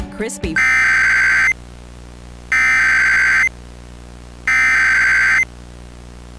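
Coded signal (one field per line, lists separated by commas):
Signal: Emergency Alert System (SAME) tones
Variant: header bursts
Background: speech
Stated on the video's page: Fictional, made-up EAS scenario.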